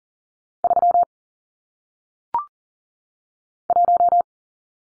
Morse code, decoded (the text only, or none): 3 1